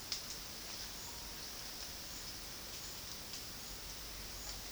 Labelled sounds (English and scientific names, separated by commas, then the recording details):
none
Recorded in dense forest near Puerto Asís, Putumayo, Colombia, on 20 February 2024 at 13:00
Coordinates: 0.481, -76.318
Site G6421